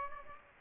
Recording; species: mosquito wingbeat signal from an infrared sensor; Aedes aegypti